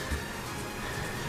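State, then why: Not seated. A plastic Pedal Commander throttle module harness connector is being handled at the accelerator pedal sensor plug of a Can-Am Maverick R side-by-side. Only a steady broadband hiss with a faint low bump near 0.1 s is heard. Nothing has seated or clicked yet.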